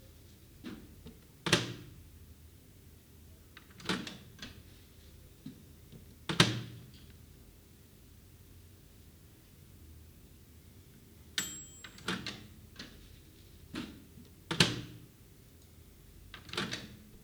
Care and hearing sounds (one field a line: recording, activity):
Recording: daily activity, guitar pickup as the sensor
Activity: use microwave